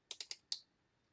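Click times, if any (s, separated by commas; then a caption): 0.1 s, 0.2 s, 0.3 s, 0.5 s. A bit is tightened by hand in a keyless drill chuck, producing four sharp clicks at 0.1, 0.2, 0.3 and 0.5 seconds, the last one loudest. The chuck clicks as it tightens, and the bit is seated.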